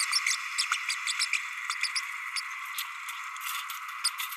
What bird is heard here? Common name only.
Green-rumped Parrotlet